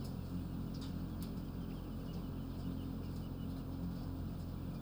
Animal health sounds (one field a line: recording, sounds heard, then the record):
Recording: poultry house recording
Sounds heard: healthy chickens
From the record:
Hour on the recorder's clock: 22